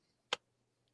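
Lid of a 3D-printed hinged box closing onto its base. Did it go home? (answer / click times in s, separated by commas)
yes / 0.3 s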